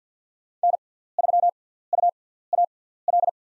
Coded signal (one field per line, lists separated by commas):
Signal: Morse code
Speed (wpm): 50 wpm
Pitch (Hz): 700 Hz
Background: none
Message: N3UAL